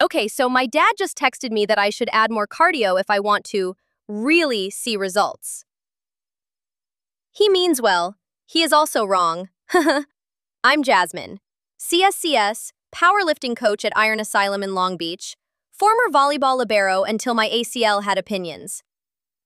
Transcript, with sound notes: Okay so my dad just texted me that I should add more cardio if I want to 'really see results.' [pause] He means well. He is also wrong. [chuckles] I'm Jasmine. CSCS, powerlifting coach at Iron Asylum in Long Beach, former volleyball libero until my ACL had opinions.